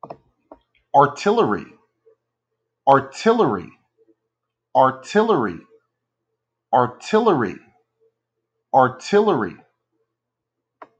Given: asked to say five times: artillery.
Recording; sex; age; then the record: repeated word; male; 40 to 49 years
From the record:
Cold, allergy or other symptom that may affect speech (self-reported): no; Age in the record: 40 years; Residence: Louisiana, United States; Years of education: 14